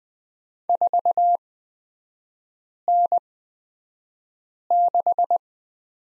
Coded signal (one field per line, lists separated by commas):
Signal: Morse code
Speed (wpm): 20 wpm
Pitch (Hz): 700 Hz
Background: none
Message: 4N6